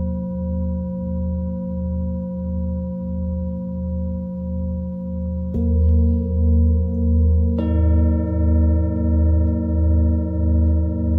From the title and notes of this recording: Tibetan Singiing Bowl のサウンドヒーリングチャンネル LIVE.